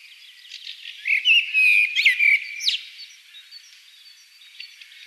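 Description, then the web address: Common blackbird song: a clear fluted whistle phrase that slides and wavers, followed by a sharp high squeaky flourish, then quieter faint twittering. "pub SETE data Turdus merula"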